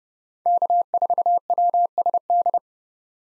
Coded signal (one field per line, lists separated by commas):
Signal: Morse code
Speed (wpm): 30 wpm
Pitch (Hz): 700 Hz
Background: none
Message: K4WSD